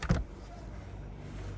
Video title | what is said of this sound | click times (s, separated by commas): How to strip a dyson v6 | push down for your second time on that and you should give a click pull that out | 0.0 s